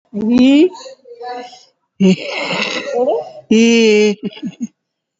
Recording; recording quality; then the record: sustained vowel as in beet; moderate, slight background noise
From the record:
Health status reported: COVID-19 positive, moderate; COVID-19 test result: positive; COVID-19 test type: RT-PCR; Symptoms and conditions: cough, breathing difficulty, fatigue, asthma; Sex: female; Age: 60 years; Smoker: no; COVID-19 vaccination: both doses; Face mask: not worn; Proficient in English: yes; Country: India